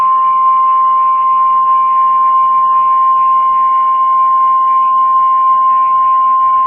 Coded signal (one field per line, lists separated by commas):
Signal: Emergency Alert System (SAME) tones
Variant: 1050 Hz attention tone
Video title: High Wind Warning Plus Required Weekly Test On KEC76 2/18/26